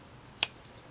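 Someone pushes the liner lock aside on an electrician's pocket knife and folds the screwdriver blade back into the handle. It snaps shut with one sharp, bright click at 0.4 s, and the blade is seated nice and tight.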